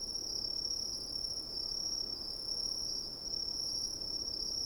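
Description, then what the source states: Crickets give a steady, high continuous trill that holds one pitch with a fainter higher overtone, over a soft, low background hiss. Coniferous forest at night with soft wind.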